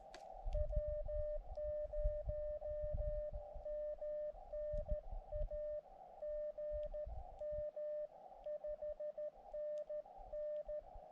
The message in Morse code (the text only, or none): W0MNA GM 5NN